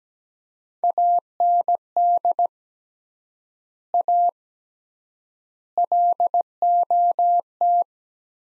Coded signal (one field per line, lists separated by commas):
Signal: Morse code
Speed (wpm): 17 wpm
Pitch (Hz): 700 Hz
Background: none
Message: AND A LOT